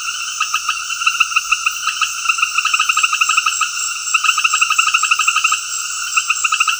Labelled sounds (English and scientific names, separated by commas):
none